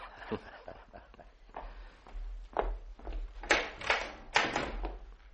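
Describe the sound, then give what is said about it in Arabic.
A man's few soft footsteps shuffle along as he goes to open the door for his wife, then the door is handled with a series of knocks, clunks and a rattling latch as it swings open, the louder bursts coming near the end. “لحظة يا صديقي، سأذهب لأفتح الباب، إنها زوجتي.”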